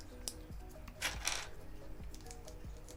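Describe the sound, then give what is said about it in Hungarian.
Lego bricks clatter and click as they are handled while building the trunk of a Lego bonsai tree set from its second bag, with a brief burst of rattling plastic in the middle and scattered light taps around it. No one speaks. “Folytatom is ennek örömére a Lego kertészkedést, rögtön el is jutottunk egyébként a második zacskóig, és megkezdődik a Lego bonsai fánknak, a törzsének az építése.”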